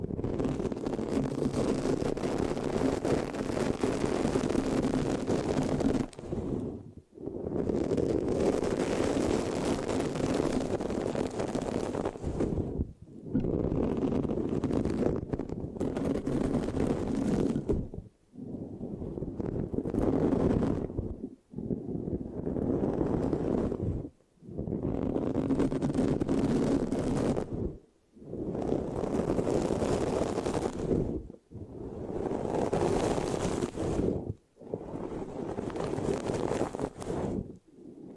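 Mic scratching in dense, rough bursts that fill the range from low rumble to bright hiss. Each stretch lasts a few seconds before a brief silent break, repeating about ten times at a fairly even pace, with a sticky, rubbing texture throughout.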